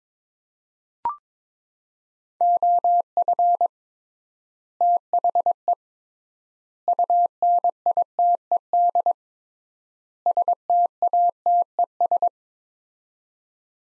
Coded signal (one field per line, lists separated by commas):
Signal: Morse code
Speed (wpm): 22 wpm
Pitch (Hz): 700 Hz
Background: none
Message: OF THE UNITED STATES